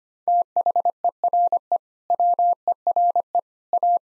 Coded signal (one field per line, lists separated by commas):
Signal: Morse code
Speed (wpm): 25 wpm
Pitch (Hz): 700 Hz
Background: none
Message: THERE WERE A